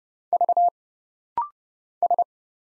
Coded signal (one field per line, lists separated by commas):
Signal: Morse code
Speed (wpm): 29 wpm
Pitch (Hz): 700 Hz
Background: none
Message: V S